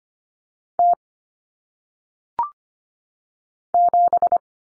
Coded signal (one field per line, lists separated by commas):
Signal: Morse code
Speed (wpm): 25 wpm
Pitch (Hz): 700 Hz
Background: none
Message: T 7